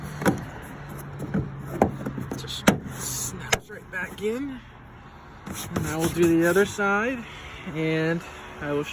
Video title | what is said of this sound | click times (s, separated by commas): 2017 VW Passat LED Backup Reverse Lights Install & Review - Lasfit T-T15 LED Bulbs | and replace your little cover just snaps right back in | 1.8 s, 2.7 s, 3.5 s